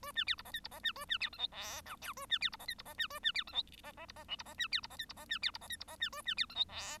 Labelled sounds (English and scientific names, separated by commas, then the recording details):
Bengalese Finch (Lonchura striata domestica) song
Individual Bird1